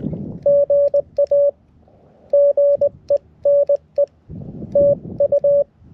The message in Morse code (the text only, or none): GA GENE TU